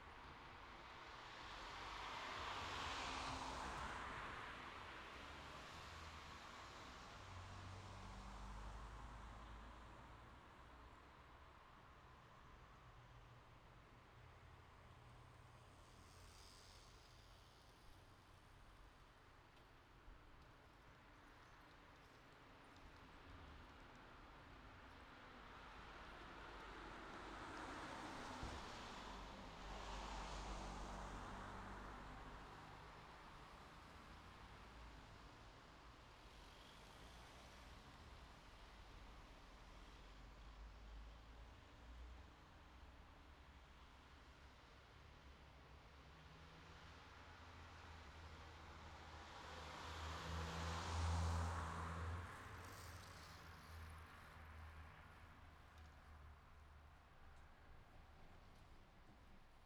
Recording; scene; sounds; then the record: everyday scene through a hearing-aid microphone; in traffic; traffic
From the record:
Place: city secondary road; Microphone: in the ear canal, left